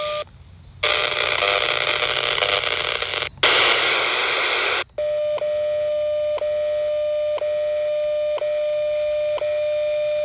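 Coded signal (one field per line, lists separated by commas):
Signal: radio time signal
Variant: WWV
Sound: hissing static for four seconds, then a steady hum-tone with five clicks one second apart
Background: radio static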